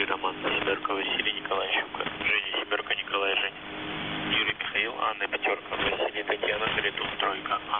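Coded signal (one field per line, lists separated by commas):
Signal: coded military voice message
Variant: The Pip, Russian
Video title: The Pip | 21st August 2023 | "Dlya" Voice Message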